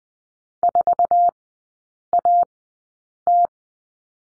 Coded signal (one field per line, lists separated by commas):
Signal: Morse code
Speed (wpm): 20 wpm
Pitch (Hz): 700 Hz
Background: none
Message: 4AT